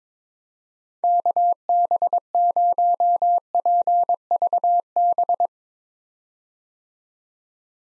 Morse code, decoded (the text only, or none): KB0PVB